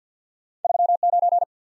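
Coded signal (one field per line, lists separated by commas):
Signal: Morse code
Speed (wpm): 50 wpm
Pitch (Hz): 700 Hz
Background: none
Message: 3 9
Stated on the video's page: Morse practice of random two-character letter and number groups at 50 wpm, head-copy drill.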